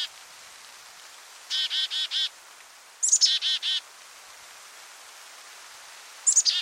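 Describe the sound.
Bird song: short phrases of about four buzzy, evenly spaced notes, some opening with a high thin note, in quiet surroundings.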